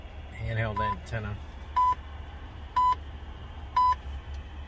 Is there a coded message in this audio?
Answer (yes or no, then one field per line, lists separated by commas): no